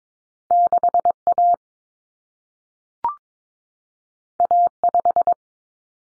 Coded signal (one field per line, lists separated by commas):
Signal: Morse code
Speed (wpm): 22 wpm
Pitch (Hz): 700 Hz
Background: none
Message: 6A A5